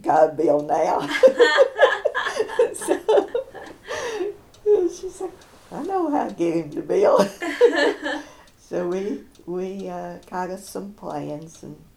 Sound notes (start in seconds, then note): 3.0 laughter; 7.2 laughter